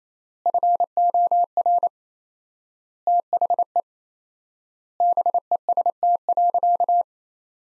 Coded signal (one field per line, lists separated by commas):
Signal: Morse code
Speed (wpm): 28 wpm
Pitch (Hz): 700 Hz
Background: none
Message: FOR THE BEST.